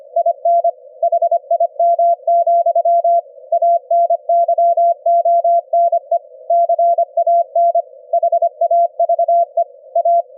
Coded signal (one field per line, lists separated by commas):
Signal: Morse code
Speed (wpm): 25 wpm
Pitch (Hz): 680 Hz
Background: none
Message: IN HIM, ANYONE CAN HAVE A